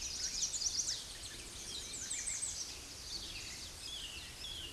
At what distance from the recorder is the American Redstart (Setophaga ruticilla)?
about 40 m